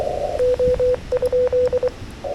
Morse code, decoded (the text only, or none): O?